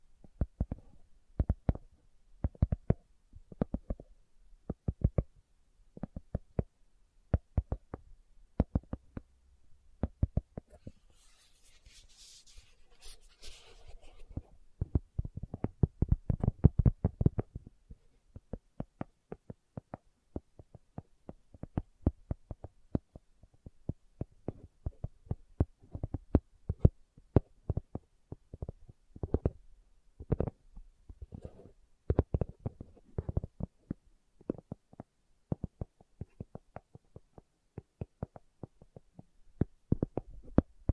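Slow tapping, a string of short dull knocks that carry from low to mid pitch, coming irregularly about two or three per second with brief pauses. Around 10 to 14 seconds a faint hiss rises in the high range while the tapping thins out.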